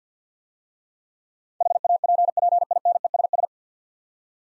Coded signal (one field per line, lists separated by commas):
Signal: Morse code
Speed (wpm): 50 wpm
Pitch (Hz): 700 Hz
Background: none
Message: HAPPINESS